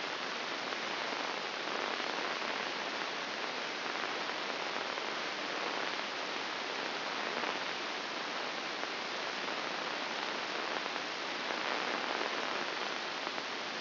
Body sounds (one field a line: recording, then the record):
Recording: brain microelectrode recording played as sound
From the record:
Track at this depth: inside the subthalamic nucleus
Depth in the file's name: 6.061 mm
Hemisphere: left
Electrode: 2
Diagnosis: Parkinson's disease